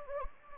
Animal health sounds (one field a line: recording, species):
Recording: mosquito wingbeat signal from an infrared sensor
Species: Anopheles gambiae